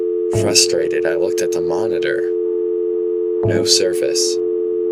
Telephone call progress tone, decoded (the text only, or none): dial tone